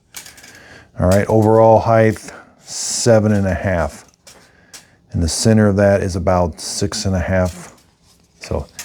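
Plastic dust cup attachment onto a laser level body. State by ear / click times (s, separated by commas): seated / 0.2 s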